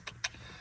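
During reassembly after replacing the O2 sensor on a V8 RS5, the sensor's plastic electrical connector is pushed into its mating plug. A softer click at about 0.1 s is followed by a sharp, louder click at 0.3 s as the connector seats, over a steady low background hum. The connector is fully seated.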